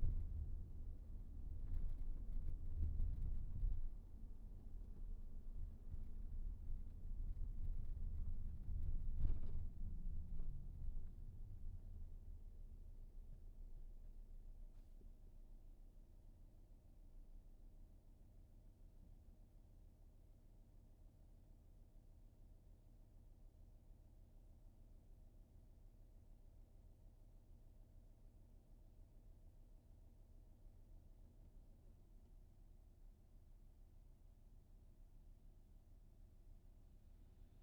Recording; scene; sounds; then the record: everyday scene through a hearing-aid microphone; in a vehicle; engine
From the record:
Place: VW T5 Caravelle, diesel engine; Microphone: behind the ear, right, rear